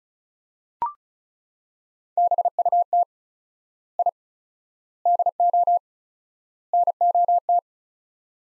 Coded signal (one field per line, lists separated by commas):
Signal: Morse code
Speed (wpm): 36 wpm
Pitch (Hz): 700 Hz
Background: none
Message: BUT I DO NOT